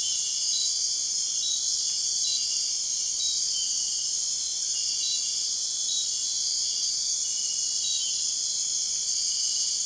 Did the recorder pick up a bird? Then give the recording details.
no. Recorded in dense forest near Puerto Asís, Putumayo, Colombia, on 21 March 2025 at 00:00. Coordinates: 0.499, -76.324. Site GP03